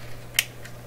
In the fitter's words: hear that snapping into place there